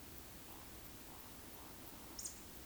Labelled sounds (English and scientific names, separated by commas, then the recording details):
Eurasian Woodcock (Scolopax rusticola) whistle, Eurasian Woodcock (Scolopax rusticola) croak
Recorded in Baden-Württemberg, Germany, on 13 June 2021 at 20:19 UTC
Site 23718, 552 m above sea level